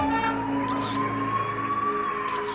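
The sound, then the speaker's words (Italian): A police siren wails as the police arrive, in a steady, high tone that slowly rises and then dips, loud and continuous, with no voices over it. “Poi venne la polizia.”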